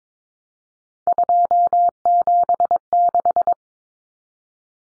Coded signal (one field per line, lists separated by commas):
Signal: Morse code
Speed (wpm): 22 wpm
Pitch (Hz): 700 Hz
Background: none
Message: 276